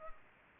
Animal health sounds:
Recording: mosquito wingbeat signal from an infrared sensor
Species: Culex pipiens

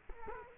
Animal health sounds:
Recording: mosquito wingbeat signal from an infrared sensor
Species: Culex quinquefasciatus

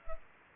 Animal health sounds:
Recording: mosquito wingbeat signal from an infrared sensor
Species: Culex pipiens

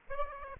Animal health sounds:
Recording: mosquito wingbeat signal from an infrared sensor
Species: Aedes aegypti

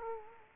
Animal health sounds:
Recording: mosquito wingbeat signal from an infrared sensor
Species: Culex quinquefasciatus

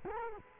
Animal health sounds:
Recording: mosquito wingbeat signal from an infrared sensor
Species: Culex quinquefasciatus

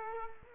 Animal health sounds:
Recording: mosquito wingbeat signal from an infrared sensor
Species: Culex quinquefasciatus

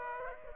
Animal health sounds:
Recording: mosquito wingbeat signal from an infrared sensor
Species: Aedes aegypti

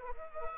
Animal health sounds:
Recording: mosquito wingbeat signal from an infrared sensor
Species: Anopheles arabiensis

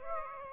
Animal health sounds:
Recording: mosquito wingbeat signal from an infrared sensor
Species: Aedes aegypti

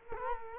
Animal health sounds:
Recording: mosquito wingbeat signal from an infrared sensor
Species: Culex quinquefasciatus

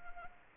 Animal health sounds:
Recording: mosquito wingbeat signal from an infrared sensor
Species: Anopheles arabiensis

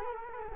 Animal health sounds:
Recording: mosquito wingbeat signal from an infrared sensor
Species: Culex quinquefasciatus

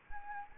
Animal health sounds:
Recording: mosquito wingbeat signal from an infrared sensor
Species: Anopheles arabiensis

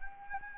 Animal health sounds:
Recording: mosquito wingbeat signal from an infrared sensor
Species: Anopheles arabiensis

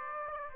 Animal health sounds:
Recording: mosquito wingbeat signal from an infrared sensor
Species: Aedes aegypti

